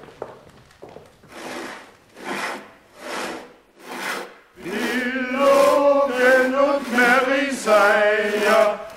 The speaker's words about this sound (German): Diesem Cembalo die Beine absehen. Los! Wird's bald! Hast du eine Säge?